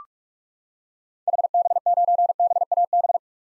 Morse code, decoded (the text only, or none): HB9BAB